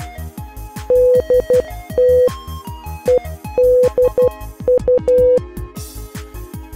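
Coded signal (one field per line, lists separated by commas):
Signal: Morse code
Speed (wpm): 12 wpm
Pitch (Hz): 500 Hz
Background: music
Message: DT EDU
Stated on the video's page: Morse code training drill for youth union and scouting communication skills.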